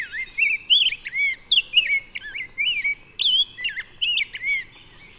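Bird song made of rich, looping whistles that rise and fall, spilling out in rapid irregular phrases without a break.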